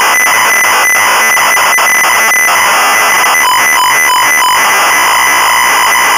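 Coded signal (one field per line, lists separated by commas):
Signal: ZX Spectrum tape loading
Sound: loud harsh buzzing data screech, switching rapidly between low and high square-wave tones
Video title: Frankie Goes to Hollywood (1985) - Sinclair ZX Spectrum (Full Tape Rip / Cassette Load)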